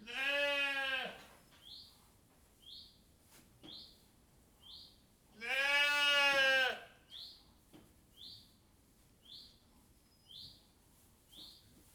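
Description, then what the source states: Sheep giving two strong bleats several seconds apart while short high chirps repeat faintly throughout. Sheep in a sheepfold with straw.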